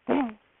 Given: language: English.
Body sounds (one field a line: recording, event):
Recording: throat vibration sensor signal played as sound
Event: throat clearing